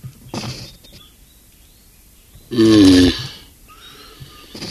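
Galapagos tortoise giving one loud, harsh, wavering groan lasting about half a second, with a few faint thumps around it.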